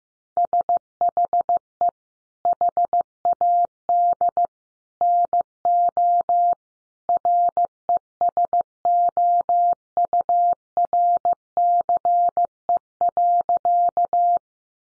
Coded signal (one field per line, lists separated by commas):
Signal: Morse code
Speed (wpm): 15 wpm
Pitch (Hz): 700 Hz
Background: none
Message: SHE HAD NO RESOURCE.